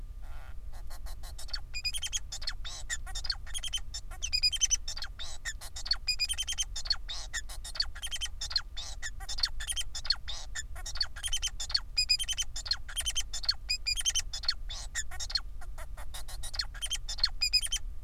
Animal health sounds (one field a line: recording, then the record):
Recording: song of a male Bengalese finch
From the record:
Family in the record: son of father 4